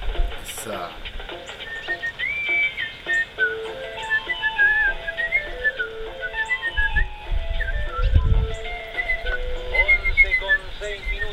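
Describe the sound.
Someone whistles a wandering melody of clear, high tones that slide and trill between notes, carried over a steady, busy background with a few low thumps.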